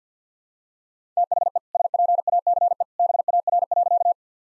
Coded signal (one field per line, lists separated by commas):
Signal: Morse code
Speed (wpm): 50 wpm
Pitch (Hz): 700 Hz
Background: none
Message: THE SPACE BAR.